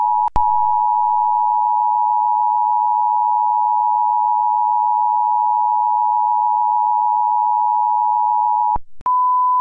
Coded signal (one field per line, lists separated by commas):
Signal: Emergency Alert System (SAME) tones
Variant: 853 and 960 Hz attention tone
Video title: EAS SCENARIO - Black Hole